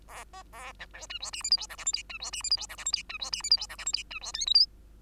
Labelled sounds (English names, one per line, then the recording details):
Bengalese Finch song
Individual Bird2